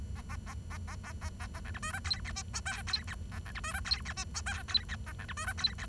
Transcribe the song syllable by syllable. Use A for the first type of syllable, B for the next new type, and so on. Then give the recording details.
A A A A A A A A A B C D E F G H I J F G A B C D E F G H I J F G A B C D E F G. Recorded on 23 June 2012 at 10:33. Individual gr41rd51